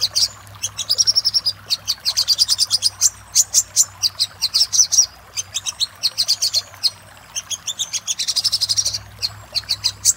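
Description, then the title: Little spiderhunter song: long stretches of fast, high chipping notes, with trilled bursts and short pauses between phrases. Master song used to train cage birds. "Masteran Burung Sogok Ontong Labaik"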